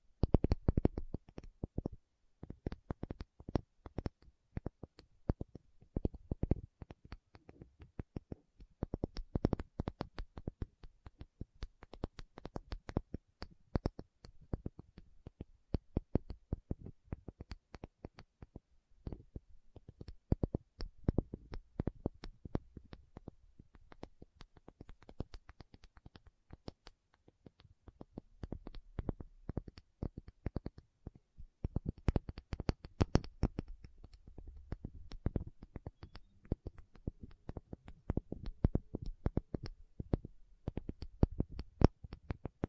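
Tapping goes on throughout, a dense run of short, sharp knocks with a mostly low, dull body and brief bright edges. The pace is quick and uneven, thinning a little around the middle before growing busier and louder again past thirty seconds.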